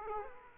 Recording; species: mosquito wingbeat signal from an infrared sensor; Aedes aegypti